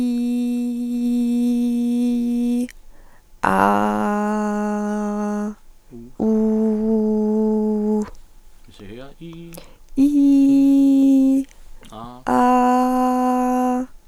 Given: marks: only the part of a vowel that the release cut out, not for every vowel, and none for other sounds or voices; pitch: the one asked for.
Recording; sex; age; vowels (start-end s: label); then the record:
sustained vowels; female; 20 to 29 years
0.00-2.42 s: vowel /i/, normal pitch
3.70-5.37 s: vowel /a/, normal pitch
6.34-7.81 s: vowel /u/, normal pitch
10.20-11.36 s: vowel /i/, high pitch
12.45-13.65 s: vowel /a/, high pitch
From the record:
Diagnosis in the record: healthy voice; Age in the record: 24 years